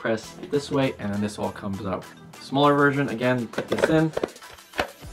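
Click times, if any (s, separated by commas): 4.8 s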